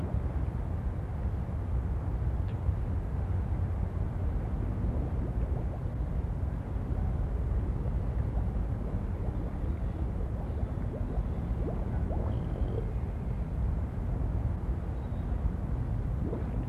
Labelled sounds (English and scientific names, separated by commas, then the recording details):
Harbor Seal (Phoca vitulina)
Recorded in captivity
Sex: male
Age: adult
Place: Zoo Berlin, Berlin, DE
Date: 1960-11-26 16:00
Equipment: Minifon, Kopie Smaragd
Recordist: Tembrock, Günter